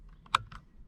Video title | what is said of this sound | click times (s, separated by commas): Z Automotive Aux Buttons Install for Tazer (Durango SRT) | should automatically go in there and snap right in yep | 0.3 s